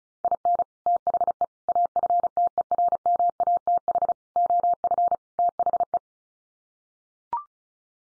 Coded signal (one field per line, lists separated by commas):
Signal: Morse code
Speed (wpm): 34 wpm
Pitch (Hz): 700 Hz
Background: none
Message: IN THE AFTERMATH OF THE